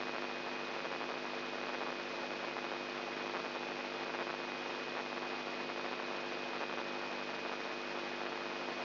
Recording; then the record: brain microelectrode recording played as sound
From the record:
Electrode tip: inside the subthalamic nucleus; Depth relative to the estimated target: -3.5 mm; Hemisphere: left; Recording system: AlphaMap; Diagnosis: Parkinson's disease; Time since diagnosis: 11 years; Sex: male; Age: 67 years